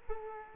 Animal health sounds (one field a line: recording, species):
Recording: mosquito wingbeat signal from an infrared sensor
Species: Culex quinquefasciatus